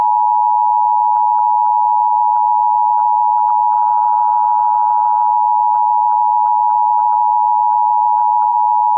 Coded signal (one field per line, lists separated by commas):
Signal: Emergency Alert System (SAME) tones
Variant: 853 and 960 Hz attention tone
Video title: EAS missing autistic person in idaho august 5 wednesday 2026